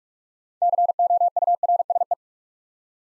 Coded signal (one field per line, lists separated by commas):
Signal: Morse code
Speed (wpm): 44 wpm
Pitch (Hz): 700 Hz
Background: none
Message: COURSE